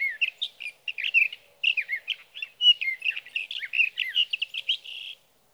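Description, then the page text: Sage thrasher pouring out a quick rambling song of whistled and slurred notes, with a brief gap before continuing. Male singing through three nights near his night roost, evening June 12 to morning June 15, 2018, Sierra Valley, California; recorded with a Swift recorder. "61. Sage thrasher songs, through the night."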